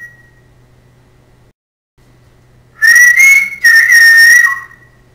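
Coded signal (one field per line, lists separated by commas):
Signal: whistled language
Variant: Silbo Gomero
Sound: two short whistled phrases gliding around 2 kHz, with a brief pause between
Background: low hum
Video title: SILBO GOMERO DEL MUNDO: NOMBRES PROPIOS DE ABORÍGENES CANARIOS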